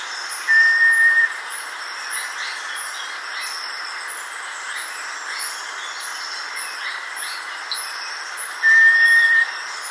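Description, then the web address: Black solitaire giving two clear, flat whistles, each under a second and about eight seconds apart, over a steady background drone of insects. Recorded in Ecuador. "Birds of Ecuador. Black Solitaire"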